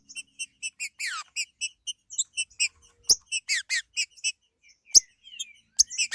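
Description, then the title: Green-winged saltator delivering short bursts of rapid high notes and long descending slurs, separated by brief pauses and sharp snapping clicks. "Trinca Ferro"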